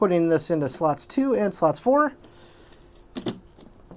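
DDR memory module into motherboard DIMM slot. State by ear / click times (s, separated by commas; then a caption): seated / 3.2 s, 3.3 s. Someone talks, then DDR memory modules are pushed into motherboard DIMM slots 2 and 4. Two sharp latch clicks ring out at 3.2 s and 3.3 s, followed by a couple of faint taps. The memory is seated.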